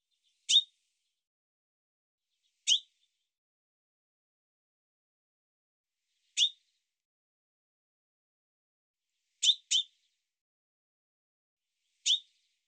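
Bird giving sharp, high, clipped call notes, singly and once as a quick pair, spaced irregularly a few seconds apart over silence.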